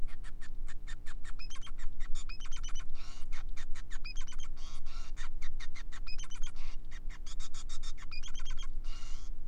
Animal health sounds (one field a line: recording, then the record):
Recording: song of a male Bengalese finch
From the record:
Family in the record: son of father 5